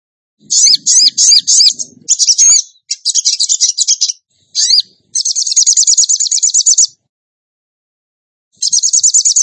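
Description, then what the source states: Bird song: a series of sharp high twittering phrases and looping notes, then a steady rapid trill, with one more trill at the end. Indonesian masteran (training recording) of a bird singing in the tembakan gacor style.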